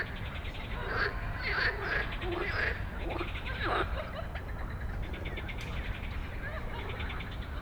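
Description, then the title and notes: Frogs calling in a busy chorus, bursts of quick rattling pulses clustered early then thinning, with a low background hum. Many frogs giving an evening chorus after dark in Stromovka park, Prague, 18 May 2022 from 22:08, recorded on a Sony PCM-D100 while sitting among them. "Stromovka Park, Prague - Frog concert at Stromovka after dark. Wracaliśmy przez park Stromovka do domu. Już z daleka słyszałem, że gdzieś blisko jest gęsto od żab i dają wieczorny koncert. 2022/05/18. 22:08"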